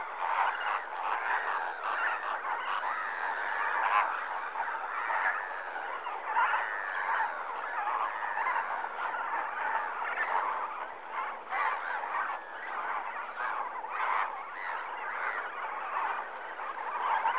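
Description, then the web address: Flamingos calling en masse, a constant babble of nasal honks and gabbling notes, with occasional louder, higher calls rising out of the chorus. Flamingos at a lake in Kenya in the morning. "BBC Sound Effects Library. Kenya, Flamingoes"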